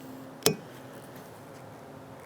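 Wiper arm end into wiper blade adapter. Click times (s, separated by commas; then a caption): 0.5 s. The metal wiper arm end on a 2007-2021 Toyota Tundra is rolled into the plastic wiper blade adapter with its locking tabs squeezed in. A single sharp click is heard at 0.5 s against a quiet background, as the arm snaps into place and seats in the adapter.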